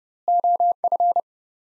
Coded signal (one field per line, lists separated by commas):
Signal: Morse code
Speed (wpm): 32 wpm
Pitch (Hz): 700 Hz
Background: none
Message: OF